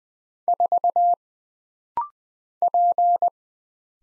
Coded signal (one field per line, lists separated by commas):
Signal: Morse code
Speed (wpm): 20 wpm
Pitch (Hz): 700 Hz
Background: none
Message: 4 P